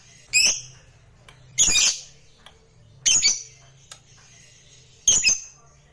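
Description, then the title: Lovebird calls, four harsh high squawks spaced one to two seconds apart, with faint clicks between them. Lovebird sound used to stimulate a lazy lovebird that is not singing to start singing spontaneously. "LOVEBIRD Malas Bunyi"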